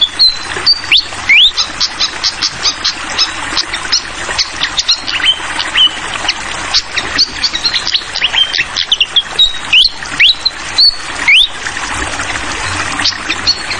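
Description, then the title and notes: Fantail song: clear whistled phrases with rising slurs, recurring throughout, mixed with continuous bubbling water and fast dripping clicks. Masteran tutor song for training songbirds: clear-voiced fantail song with the sound of flowing water. "Masteran Sikatan Kipas Suara Jernih Dan Suara Gemericik Air. Suara Burung Sikatan Londo"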